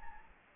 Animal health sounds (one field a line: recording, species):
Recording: mosquito wingbeat signal from an infrared sensor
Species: Anopheles gambiae